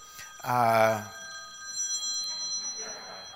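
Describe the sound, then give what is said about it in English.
A mobile phone rings once in a short, bright, buzzy burst of harmonic tone, then cuts off, leaving faint murmuring voices and a thin steady high whine. “You should turn your phone on vibrate or something, just so you don't get embarrassed.”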